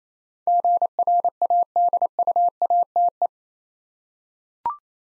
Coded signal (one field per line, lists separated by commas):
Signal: Morse code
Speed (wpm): 28 wpm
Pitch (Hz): 700 Hz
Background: none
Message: GRADUATE